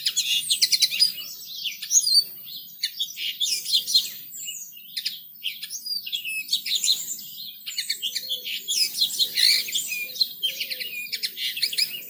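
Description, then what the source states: Bird song: dense, continuous chirps and twitters. Several birds singing in a garden.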